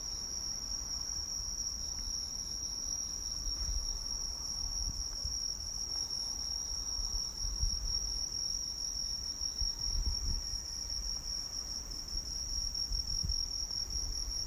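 Cricket trilling: a constant high, shrill tone running the whole time, over low rumbling background noise.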